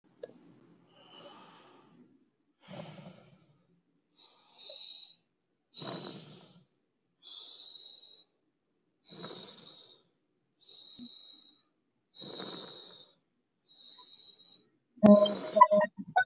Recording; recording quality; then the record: deep breathing; excellent, no background noise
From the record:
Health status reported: healthy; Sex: male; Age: 40 years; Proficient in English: yes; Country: India